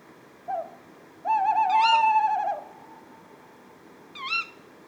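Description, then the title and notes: Tawny owl makes a long, wavering, quavering hoot lasting over a second, followed by a single sharp kewick call. A pair calling at 4:30 am on 20 February 2020 at Etang de Beaumont pond, Drôme; recorded in stereo with Nagra Seven and Telinga Pro7 parabola, with live commentary. "Une chouette nuit. 20 février 2020-4h30-Etang de Beaumont - Drôme. ECOUTEZ NATURE. un couple de Chouette hulotte (Strix aluco)"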